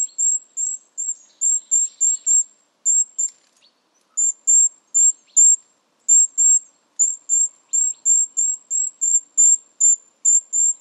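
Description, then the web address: Bird calls: very high, thin chirps repeated rapidly in uneven runs, each note short and sharp, with brief pauses between bursts and a faint softer buzz early on. "birddata Deverinetal 2025"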